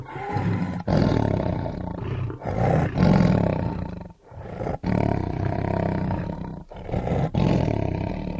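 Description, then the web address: Tiger roaring repeatedly, heavy low rumbling roars with gravelly texture, each lasting about a second or two with brief gaps between them. "big cats|tigers"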